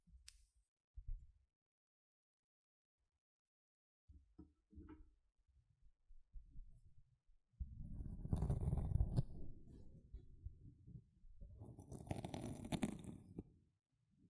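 Sponge being handled in separate bursts with silent gaps between them. After a few brief soft squelches in the first seconds, longer wet, rumbling squishing stretches arrive around 8 and 12 seconds, mostly low and murky with a hissy, scratchy edge on top.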